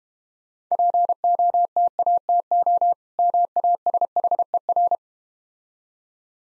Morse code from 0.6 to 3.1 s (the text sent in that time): POTATO